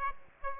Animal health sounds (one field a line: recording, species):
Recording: mosquito wingbeat signal from an infrared sensor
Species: Aedes aegypti